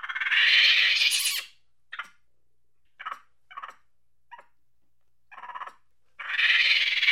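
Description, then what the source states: Monkey chatter opening with a long grating burst, then several short clipped chirps, and ending in another loud rasping burst. Angry chattering.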